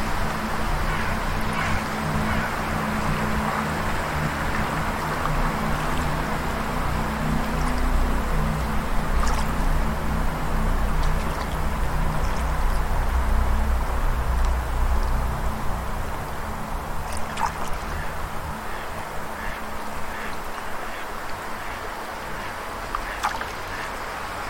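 A steady, dense wash of wind and water runs through the whole recording, with a low, sustained hum beneath it. Brief, bright bird-like chirps and clicks break through now and then, near nine, seventeen and twenty-three seconds.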